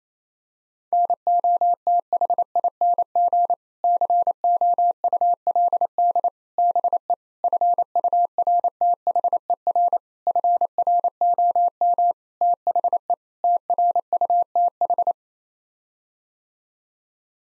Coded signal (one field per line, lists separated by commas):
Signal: Morse code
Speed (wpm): 28 wpm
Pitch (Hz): 700 Hz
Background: none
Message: NOTHING COULD BE FURTHER FROM THE TRUTH